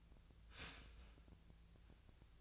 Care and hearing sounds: daily activity, microphone in the room; start toaster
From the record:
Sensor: 2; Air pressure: 1009.1 hPa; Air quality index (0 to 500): 186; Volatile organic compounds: 11 ppm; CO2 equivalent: 2306 ppm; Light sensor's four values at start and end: 23/57/24/26 and 23/57/24/26

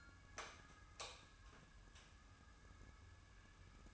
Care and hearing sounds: daily activity, microphone in the room; light off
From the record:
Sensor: 2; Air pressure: 994.3 hPa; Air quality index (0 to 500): 216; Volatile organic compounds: 1000 ppm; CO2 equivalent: 7151 ppm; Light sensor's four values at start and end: 148/358/151/157 and 143/341/145/151

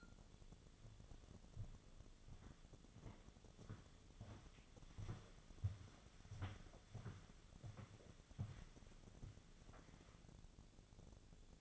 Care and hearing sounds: daily activity, microphone in the room; walk to room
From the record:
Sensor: 4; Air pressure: 1000.8 hPa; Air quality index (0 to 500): 118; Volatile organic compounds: 1 ppm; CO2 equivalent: 891 ppm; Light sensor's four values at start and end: 58/144/61/65 and 51/126/54/58

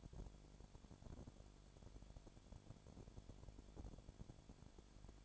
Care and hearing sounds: daily activity, microphone in the room; no activity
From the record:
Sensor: 5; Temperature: 20.2 degrees Celsius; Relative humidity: 36.5%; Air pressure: 1001.2 hPa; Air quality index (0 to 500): 177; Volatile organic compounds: 4 ppm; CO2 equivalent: 1618 ppm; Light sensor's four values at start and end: 2/3/1/1 and 2/3/1/1

